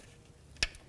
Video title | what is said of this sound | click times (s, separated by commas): How to Replace Alternator 1998-2002 Honda Accord | Give it a nice push, listen for the click, and then give it a tug. | 0.6 s